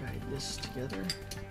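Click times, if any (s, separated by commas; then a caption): none. During reassembly of a G&G M14 airsoft rifle with a PolarStar Fusion Engine, an internal part is guided toward its mating part while someone talks over light handling sounds. Nothing has seated or clicked yet.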